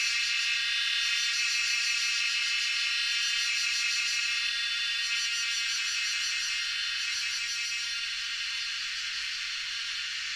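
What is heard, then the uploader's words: A dense, extremely loud cicada chorus drones steadily, a bright shimmering buzz with a faint pulsing, easing slightly toward the end. Recorded with the exceptional Lewitt Subzero microphone. Extremely loud cicadas during sunset, as their mesmerizing chorus fills the air in Doi Suthep national park, Thailand. Recorded by Marcel Gnauk.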